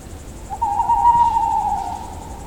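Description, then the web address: Tawny owl hoot: one long, even, mid-pitched note lasting around one and a half seconds, a slight quaver as it fades, with quiet hiss behind. "Odra Sound Pack puszczyk"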